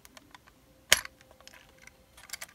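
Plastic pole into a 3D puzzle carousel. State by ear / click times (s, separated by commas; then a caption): seated / 0.9 s. A plastic pole is pushed into a Bepuzzled 3D Crystal Puzzle Golden Carousel and snaps into place with one sharp, loud click at 0.9 s, followed by a softer tick at about 1.1 s. Quieter light plastic ticks come before and after, over a faint steady tone. The pole is seated.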